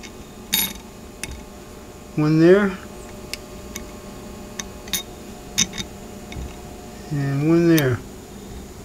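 A metal blade blank is handled at an aluminium blade-bait lure casting mold, being readied to press into place before lead is poured. Someone talks twice while brief metallic ticks and light clinks sound throughout, the strongest near the start. Nothing has seated or snapped into the mold yet.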